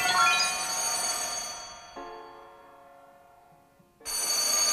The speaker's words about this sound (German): Ein Erdbeben brach los. Das Erdbeben war das Telefon, das auf meinem Bauch rumpelte, wo es stehen geblieben war, als ich einschlief.